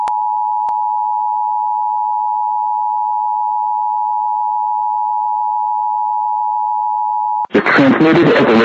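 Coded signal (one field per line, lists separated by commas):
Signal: Emergency Alert System (SAME) tones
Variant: 853 and 960 Hz attention tone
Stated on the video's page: Tennessee AMBER Alert relayed on an internet-monitored station from another station.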